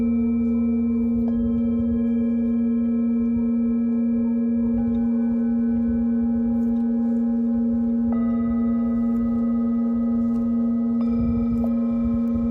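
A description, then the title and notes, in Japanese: A singing bowl hums with a strong, steady low tone that rings throughout without fading. Higher overtones shift and change at about 1, 8 and 11 seconds, as if other bowls join in. A soft rumbling texture sits underneath the whole time. メキシコから シンギングボウルのサウンドヒーリング ライブ。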